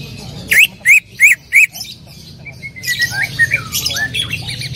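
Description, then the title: Greater green leafbird calling with four loud, sharply rising whistled notes in quick succession, then a softer run of slurred, descending chirps. Female calling to a male; described as calling very actively and persistently (gacor hiper). "CUCAK IJO BETINA GACOR HIPER MEMANGGIL JANTAN"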